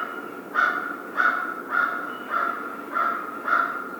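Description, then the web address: American crow repeating short, raspy caws, six in quick succession at a fairly even pace. 1 February 2010. "Crow 2010 02 01 American Crow"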